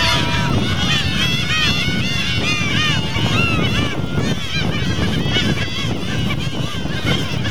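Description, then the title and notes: Olrog's gull colony chorus: many overlapping harsh, arching cries crowd together without pause, over a steady low rumbling noise throughout. Breeding colony; Isla de la Cangrejera provincial reserve, Isla del Puerto, Bahía Blanca estuary, Argentina; September 2014, 17:44. "Colonia reproductiva de gaviotas cangrejeras (Larus atlanticus). Reserva Provincial Isla de la Cangrejera. Isla del Puerto. Estuario de Bahía Blanca. /9/2014-17:44hs"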